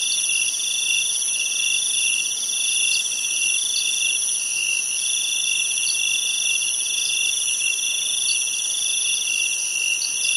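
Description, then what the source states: A steady insect chorus of shrill, unbroken high tones with fast rhythmic trilling beneath, holding at the same level throughout. Insects at night in jungle in Thailand.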